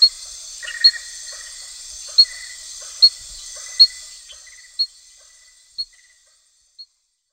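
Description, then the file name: Rain frog calls: brief, high, clicking chirps at irregular intervals of about one second, growing softer toward the end, over a steady high hiss. "Eleutherodactylus sp"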